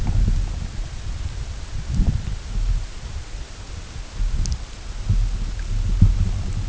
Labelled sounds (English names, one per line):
none